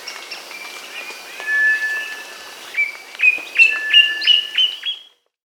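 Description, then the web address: Black antbird song: a quick series of about six short, sharp notes rising slightly in pitch, preceded by softer chirps and a steady whistled tone. South America. "S America Andean Birds. Black Antbird (Cercomacra Serva)"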